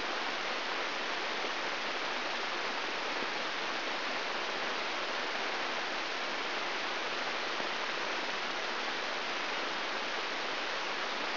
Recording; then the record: brain microelectrode recording played as sound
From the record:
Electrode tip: inside the subthalamic nucleus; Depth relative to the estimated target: -2 mm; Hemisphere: left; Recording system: AlphaMap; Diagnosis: Parkinson's disease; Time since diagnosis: 13 years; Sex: male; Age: 63 years